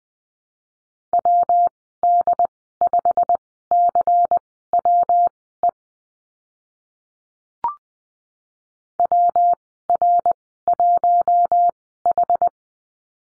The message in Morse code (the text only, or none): WD5CWE WR1H